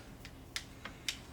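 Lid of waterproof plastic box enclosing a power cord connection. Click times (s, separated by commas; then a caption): 0.6 s, 1.1 s. The lid of a small plastic waterproof outdoor box enclosing the plugged-together power cord connection of a Maytronics Dolphin Active20 power supply is closed so it snaps shut, keeping the connection dry so the GFI doesn't trip when it rains. Two softer clicks at 0.3 s and 0.9 s are followed by two louder, sharp clicks at 0.6 s and 1.1 s. The lid seats and is latched shut.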